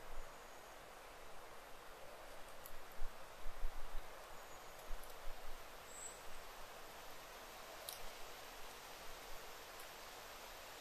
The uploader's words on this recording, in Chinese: 林薮呖呖·极静深野。